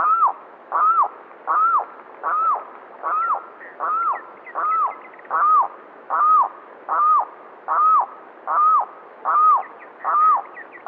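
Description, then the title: Limpkin giving a series of harsh, wailing arched cries, each rising and dropping away, repeated regularly fourteen times with a steady rhythm. "LuckyPassaro Completos2Sama. Limpkin (Aramus guarauna)"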